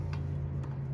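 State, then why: Not seated. A rubber spark plug boot (cap) is being handled and pushed down toward the spark plug of a 2005 Suzuki GZ250 motorcycle, where its clip grips the plug's threaded terminal. Over a steady low hum, two faint light ticks are heard at about 0.1 s and 0.6 s. Nothing has seated or clicked home yet.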